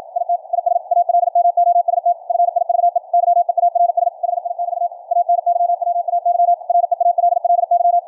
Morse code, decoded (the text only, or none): IT IS ALMOST FIVE YEARS HI <BT> ANYWAY REALLY